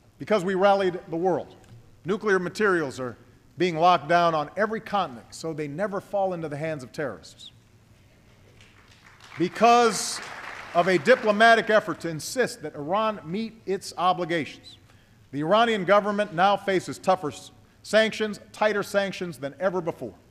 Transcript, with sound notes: Because we rallied the world, nuclear materials are being locked down on every continent so they never fall into the hands of terrorists. (Applause.) Because of a diplomatic effort to insist that Iran meet its obligations, the Iranian government now faces tougher sanctions, tighter sanctions than ever before.